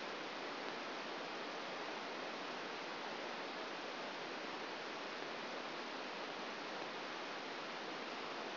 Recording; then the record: brain microelectrode recording played as sound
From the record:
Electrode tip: outside the subthalamic nucleus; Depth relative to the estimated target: 4 mm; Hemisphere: right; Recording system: AlphaMap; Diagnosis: Parkinson's disease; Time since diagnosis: 7 years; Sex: female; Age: 56 years